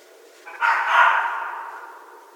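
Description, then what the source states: Red fox letting out a single hoarse, drawn-out scream that swells quickly and then tapers away. Recorded in 2012.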